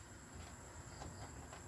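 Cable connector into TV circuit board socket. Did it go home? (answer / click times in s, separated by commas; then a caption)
no / none. A cable connector is pushed toward its socket on the circuit board of a Samsung 32-inch TV during a repair for no picture with sound. Only a steady low rumble and broadband hiss are heard, with no sharp transient. Nothing has seated or clicked yet.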